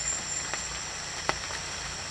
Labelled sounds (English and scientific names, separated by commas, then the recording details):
none
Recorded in secondary vegetation near Puerto Asís, Putumayo, Colombia, on 24 June 2025 at 18:00
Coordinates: 0.498, -76.327
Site GP09